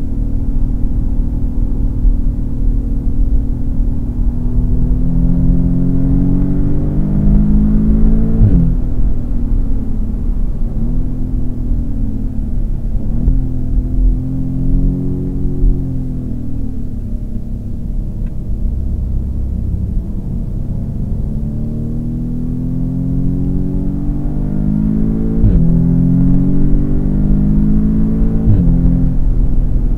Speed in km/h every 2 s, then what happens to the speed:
90, 90, 104, 122, 118, 93, 70, 72, 53, 53, 66, 75, 95, 120, 129.
2-6 speeds up to 122. 7-16 brakes to 53. 18-27 speeds up to 129.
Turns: 0-5, 14-19.